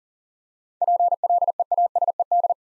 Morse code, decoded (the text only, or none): PLEASED